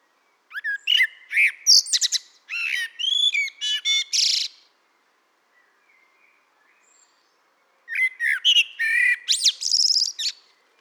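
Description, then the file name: Common blackbird singing a quick jumble of whistled and scratchy twittering notes, pausing for about three seconds before a second lively phrase. "Turdus merula"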